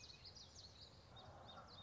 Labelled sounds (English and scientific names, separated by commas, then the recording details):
Common Yellowthroat (Geothlypis trichas)
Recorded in Sonoma County, California